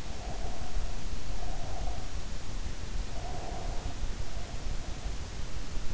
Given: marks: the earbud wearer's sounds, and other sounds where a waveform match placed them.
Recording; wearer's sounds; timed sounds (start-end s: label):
sounds in sleep by an in-ear microphone; breath
0.00-2.24 s: breath
2.99-5.33 s: breath